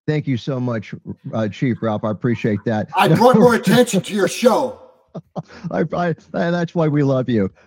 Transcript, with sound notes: Thank you so much, R- uh, Chief Ralph. I appreciate that. (laughs)
I brought more attention to your show.
(laughs) I, I... And that's why we love you.